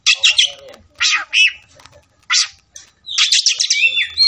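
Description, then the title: Oriental magpie-robin song in short bursts of harsh, buzzy chatter and rapid notes, separated by brief pauses, with a faint low hum beneath. Persistent ('ngotot') bird singing with full 'tembakan' bursts; recording is meant to make a listening kacer fight within minutes. "Kacer Langsung Tarung Konslet KACER NGOTOT FULL TEMBAKAN"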